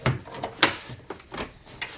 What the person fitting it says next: it clips on and then locks into place